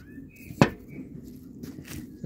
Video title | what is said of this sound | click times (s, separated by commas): Never buy a cheap aftermarket breather hose for your BMW N62. | So let's just clip this in now. | 0.6 s